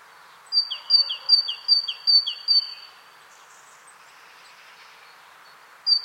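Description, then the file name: Great tit giving one bout of six evenly spaced two-note phrases, high then low, followed by quiet and the first note of a new bout. "Parus major"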